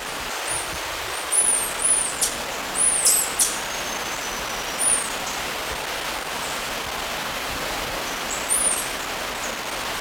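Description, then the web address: Golden-collared Honeycreeper giving high, thin, arched chips in a loose, irregular series, some clustered, others spaced several seconds apart, against a constant hiss. Ecuador. "Birds of Ecuador. Golden-Collared Honeycreeper"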